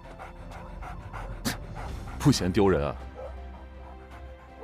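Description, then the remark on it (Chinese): A mud-covered military dog whimpers in a short burst of high, wavering whines over steady panting, and a person speaks briefly. “那满身泥水的军犬呜咽了几声，没动。”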